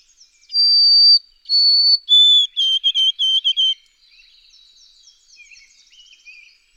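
White-throated sparrow song: two long pure whistles stepping down, then a lower held note and a quick run of repeated short whistles, followed by faint high twittering.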